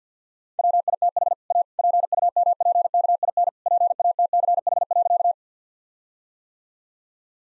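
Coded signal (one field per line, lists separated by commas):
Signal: Morse code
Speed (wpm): 50 wpm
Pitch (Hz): 700 Hz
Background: none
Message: WITH A PUMPKIN PATCH.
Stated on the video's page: Morse practice set at 50 wpm, jokes sent with contextual priming.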